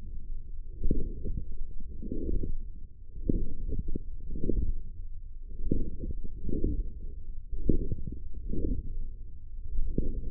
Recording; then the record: forearm muscle sounds (acoustic myography)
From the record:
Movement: forearm pronation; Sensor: system 1, eight BSWA MPA416 microphones around the upper forearm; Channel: 6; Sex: male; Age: 42 years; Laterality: right